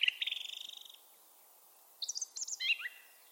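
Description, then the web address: Bird calling with a quick trill of evenly repeated high notes lasting about a second, then after a pause a jumbled run of sharp chirps and rising-falling notes. "cianscape birddata Deverinetal 2025"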